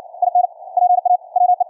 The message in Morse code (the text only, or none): IN PA WE